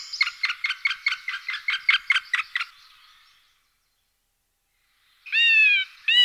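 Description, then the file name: Middle spotted woodpecker giving a fast series of short, harsh notes lasting under three seconds, then a pause and two drawn-out nasal calls. "dendrocopos medius"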